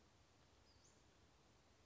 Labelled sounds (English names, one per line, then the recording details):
Western Flycatcher
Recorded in Sonoma County, California